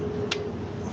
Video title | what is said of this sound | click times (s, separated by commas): 2010 GMC Acadia Front Brake Driver | And once I hear that click, I know that it's already in. | 0.3 s